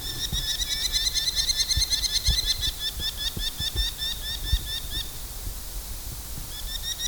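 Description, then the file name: Northern goshawk calls: rapid chattering series of sharp, slightly bent notes, pausing briefly near the end, with low rumbling background noise and scattered thumps. Three fledged chicks. "goshawks eaglecrest"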